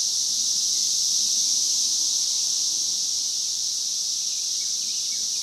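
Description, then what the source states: Unbroken shrill cicada chorus, level and steady, with a couple of faint chirps in the background. Multiple cicadas.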